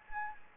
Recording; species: mosquito wingbeat signal from an infrared sensor; Anopheles gambiae